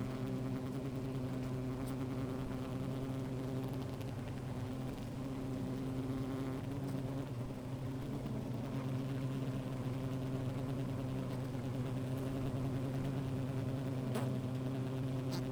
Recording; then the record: honeybee colony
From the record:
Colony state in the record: active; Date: 28 July 2017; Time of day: 13:55